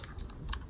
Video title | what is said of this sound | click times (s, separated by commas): How to install Niko Maku ASX-2 OEM Mirror Dash Cam | it just snaps into place | 0.5 s